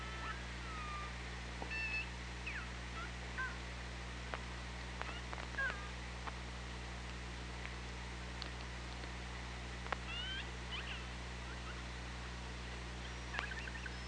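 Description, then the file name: Killer whale calls underwater, scattered short upswept and downswept tonal squeals among clicks, over steady low hydrophone hum and hiss. Recorded by OrcaLab hydrophone, 24 August 2017, 15:55:35. "Orca Lab UTLN JASON 20170824 155535 ORCALABDYNI"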